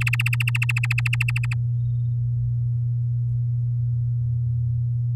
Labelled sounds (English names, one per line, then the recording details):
Domestic Canary song
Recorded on 9 May 2018 at 07:00
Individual llb16